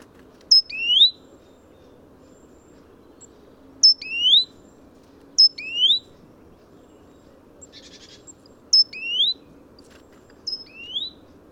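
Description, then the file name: Great tit calls: a sharp high note followed by an upward-sweeping whistle, repeated five times at uneven gaps over steady low background hum. "Parus major"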